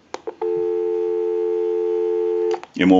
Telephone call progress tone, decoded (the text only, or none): dial tone